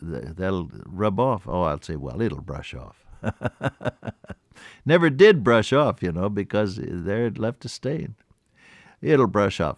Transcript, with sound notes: that’ll rub off.” Oh, I’ll say, “Well, it’ll brush off.” (Laughs) Never did brush off you know because they’ve left a stain. It’ll brush off.